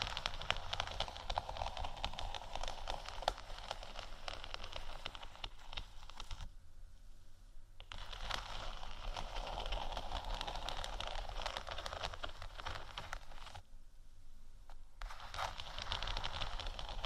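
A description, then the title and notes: Dense, steady scratching on faux leather, a fine crackly rasp with scattered light taps, pausing briefly around seven and fourteen seconds. ASMR Gentle Faux Leather Scratching & Tapping（No Talking）.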